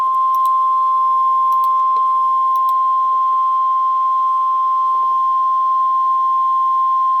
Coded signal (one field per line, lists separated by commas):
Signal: Emergency Alert System (SAME) tones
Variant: 1050 Hz attention tone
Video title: EAS 2445 SVR NWS Topeka